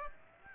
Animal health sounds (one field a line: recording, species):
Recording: mosquito wingbeat signal from an infrared sensor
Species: Aedes aegypti